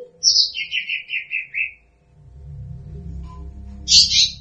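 Bird sings a high buzzy note sliding into a descending run of chirps, then a low hum fills a pause before another loud high burst.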